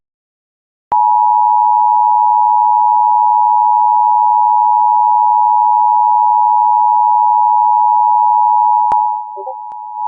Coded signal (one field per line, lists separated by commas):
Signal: Emergency Alert System (SAME) tones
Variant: 853 and 960 Hz attention tone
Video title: (FOUND) North Carolina Amber Alert on WERX-FM (New EAS #530)